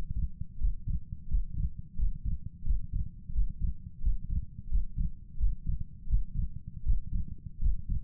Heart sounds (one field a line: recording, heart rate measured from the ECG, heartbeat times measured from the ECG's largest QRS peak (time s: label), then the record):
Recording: heart sounds by stethoscope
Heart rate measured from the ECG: 85 bpm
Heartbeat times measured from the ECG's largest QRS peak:
0.58 s: heartbeat
1.28 s: heartbeat
1.96 s: heartbeat
2.64 s: heartbeat
3.32 s: heartbeat
4.01 s: heartbeat
4.69 s: heartbeat
5.37 s: heartbeat
6.07 s: heartbeat
6.83 s: heartbeat
7.60 s: heartbeat
From the record:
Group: healthy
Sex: male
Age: 35 years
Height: 178 cm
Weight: 64 kg